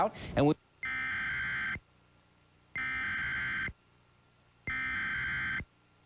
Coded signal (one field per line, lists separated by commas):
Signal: Emergency Alert System (SAME) tones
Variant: header bursts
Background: speech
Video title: EAS Tornado Warning – WHIO-TV 7, Western OH (11/24/2004)